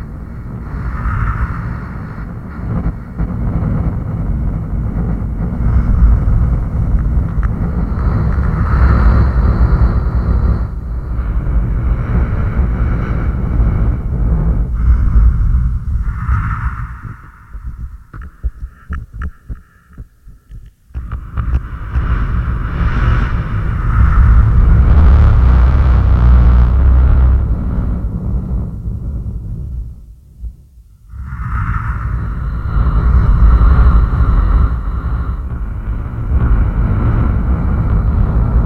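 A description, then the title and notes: Breathing through a de-pitcher becomes a thick, deep, roaring rumble, almost like an engine idling. Long sustained breaths fill most of the 39 seconds, with a thinner, sputtering stretch around 17–21 seconds and a brief drop near 30 seconds before the roar resumes. Breathing into a de-pitcher.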